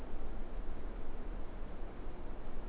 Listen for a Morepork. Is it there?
no